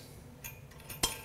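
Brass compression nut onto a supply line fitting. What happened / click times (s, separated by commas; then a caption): The threaded nut's start dropped into engagement with a click / 1.0 s. A brass compression nut on a water supply line fitting is turned in reverse until the thread start drops in, giving a sharp metallic click at 1.0 s, and is then threaded on. Faint metallic ticks come before the click and one more follows near the end. The nut threads are seated and engaged.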